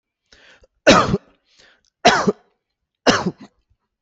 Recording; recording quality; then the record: heavy voluntary cough; excellent, no background noise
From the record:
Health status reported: healthy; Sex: male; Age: 59 years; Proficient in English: yes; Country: India